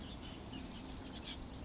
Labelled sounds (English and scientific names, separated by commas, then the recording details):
Oak Titmouse (Baeolophus inornatus)
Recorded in Sonoma County, California